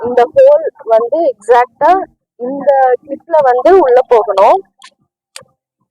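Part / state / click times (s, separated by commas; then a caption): aircraft seat belt tongue into buckle / seated / 5.4 s. On board a plane, a metal seat belt tongue is pushed into the aircraft seat belt buckle clip while someone talks. After the talking stops, a soft tap comes at 4.8 seconds, then a sharp, short click at 5.4 seconds as the buckle clicks shut and locks.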